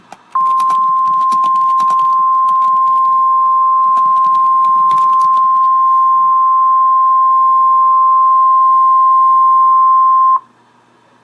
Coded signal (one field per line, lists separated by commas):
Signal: Emergency Alert System (SAME) tones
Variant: 1050 Hz attention tone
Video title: REAL EAS 1141-SVA